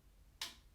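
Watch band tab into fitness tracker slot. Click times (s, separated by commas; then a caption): 0.4 s. The second end of a watch band's tab is pushed into the slot of a Fitbit Charge 5 fitness tracker until it seats. A single sharp, bright click sounds at 0.4 s and fades within about a tenth of a second over a quiet low hum. The band end is seated in the slot.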